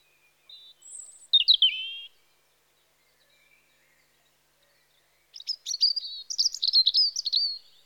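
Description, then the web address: European robin song: thin high whistles and a sliding descending phrase, a pause of near silence, then a fast jumbled warbling phrase of tinkling notes. Recorded in spring. "BBC Sound Effects Library. Robin (Erithacus Rubecula) Spring"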